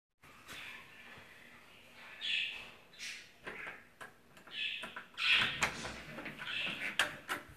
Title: Budgie Sounds